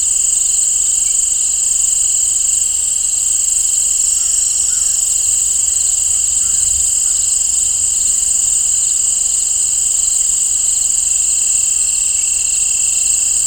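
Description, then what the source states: Crickets give a steady, shrill, continuous chorus of high trilling without pause, with only very faint other sounds beneath. Crickets in an open field, nature ambience.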